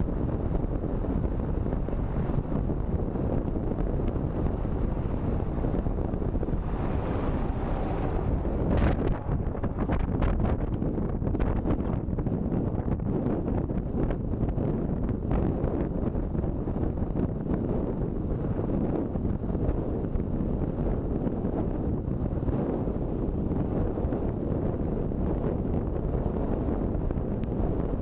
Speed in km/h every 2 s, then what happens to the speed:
53, 53, 53, 52, 52, 53, 56, 55, 55, 55, 56, 56, 56, 56.
0-28 steady at about 55.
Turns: none.